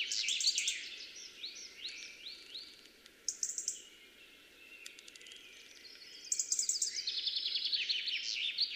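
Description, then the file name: European robin delivering high, varied warbling phrases with fast trills and thin squeaks, a brief lull, then a longer continuous twittering run toward the end. "Erithacus rubecula"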